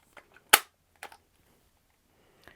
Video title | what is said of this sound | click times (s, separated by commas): How to Install DCC in a HO Scale DCC Ready Locomotive | push it on until it clicks in place at the bottom make | 0.5 s